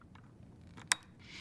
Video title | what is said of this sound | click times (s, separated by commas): Using Trilogy100 - Overview, Setup and Screen Display | you should hear a click and see the tab at the top of the port pop up | 0.9 s